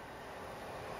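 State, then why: Not seated. The folded-up 60/40 rear bench seat cushion in the cab of a 2015 GMC Sierra Denali 2500 crew cab 4x4 pickup is handled back down toward its floor latch. Only a steady, even broadband noise is heard, with no sudden sounds. Nothing has seated or latched yet.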